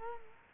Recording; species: mosquito wingbeat signal from an infrared sensor; Culex quinquefasciatus